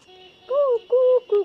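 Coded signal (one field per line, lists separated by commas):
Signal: whistled language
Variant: Khasi jingrwai iawbei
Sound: a short four-note hummed or whistled tune, first note faint, rising then falling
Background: faint steady background hum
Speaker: ইর হুইসেলিং নেম রাইট ওকে ওকে ওকে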